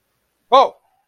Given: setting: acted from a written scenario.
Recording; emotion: vocal sound without words; negative surprise